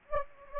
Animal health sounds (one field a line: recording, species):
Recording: mosquito wingbeat signal from an infrared sensor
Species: Anopheles gambiae